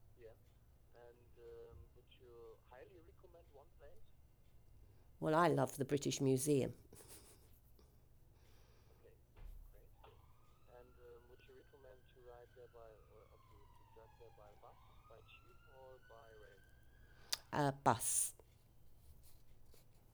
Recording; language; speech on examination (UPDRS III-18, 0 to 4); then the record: conversation on a phone call; English; 0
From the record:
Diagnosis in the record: healthy control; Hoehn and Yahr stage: 0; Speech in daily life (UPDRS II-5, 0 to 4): 0